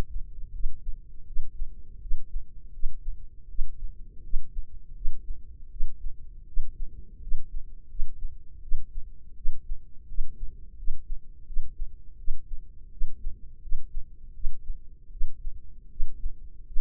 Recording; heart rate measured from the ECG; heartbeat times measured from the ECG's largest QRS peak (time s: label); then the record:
heart sounds by microphone in the left ear; 82 bpm
0.52 s: heartbeat
1.25 s: heartbeat
2.00 s: heartbeat
2.72 s: heartbeat
3.48 s: heartbeat
4.22 s: heartbeat
4.94 s: heartbeat
5.69 s: heartbeat
6.46 s: heartbeat
7.20 s: heartbeat
7.88 s: heartbeat
8.61 s: heartbeat
9.35 s: heartbeat
10.07 s: heartbeat
10.76 s: heartbeat
11.45 s: heartbeat
12.17 s: heartbeat
12.90 s: heartbeat
13.60 s: heartbeat
14.33 s: heartbeat
15.10 s: heartbeat
15.89 s: heartbeat
16.65 s: heartbeat
From the record:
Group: healthy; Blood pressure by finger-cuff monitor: 103/58 mmHg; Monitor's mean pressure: 72 mmHg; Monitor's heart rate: 83 bpm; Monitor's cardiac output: 7.2 L/min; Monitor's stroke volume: 87 mL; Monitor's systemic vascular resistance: 710 dyn s/cm5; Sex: female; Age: 22 years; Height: 157 cm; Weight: 47.6 kg